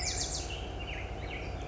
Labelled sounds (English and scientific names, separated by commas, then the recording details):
Black-headed Grosbeak (Pheucticus melanocephalus)
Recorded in Sonoma County, California